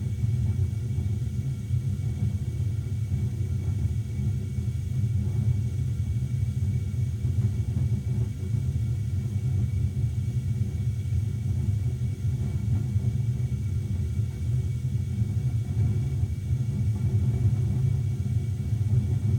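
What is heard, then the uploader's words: A gas heater hums steadily, a deep rumbling drone concentrated in the low end with little above it. The sound holds constant and dense for the whole stretch, with a faint fluttery texture but no distinct events or background sounds. Soothing Gas Heater Hum.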